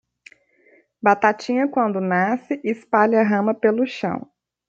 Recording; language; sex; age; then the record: short text; Brazilian Portuguese; female; 30 to 39 years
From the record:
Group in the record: control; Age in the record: 31 years